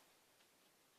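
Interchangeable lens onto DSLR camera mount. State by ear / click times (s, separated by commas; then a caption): not seated / none. An interchangeable lens is lined up with the two alignment dots on the mount of a Canon EOS 750D DSLR camera body and handled, producing a steady, quiet broadband hiss with faint soft rustling. The clip ends before the lens bayonet goes home, so nothing has seated or clicked yet.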